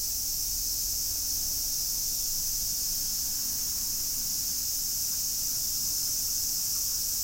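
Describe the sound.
Cicada sound, a flat, even high-pitched buzz sustained from start to finish with nothing else clearly heard.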